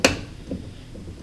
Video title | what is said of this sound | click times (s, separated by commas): EASY FIX: Microwave Will Not Heat and Turntable Will Not Spin - How To Fix A Broken Microwave | you'll see this part right here move just a little bit it Clips right into place | 0.0 s